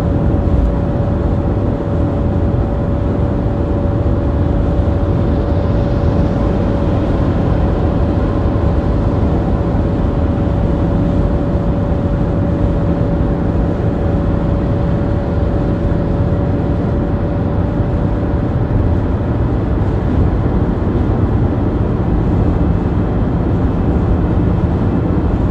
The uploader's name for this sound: Highway driving sounds and soft humming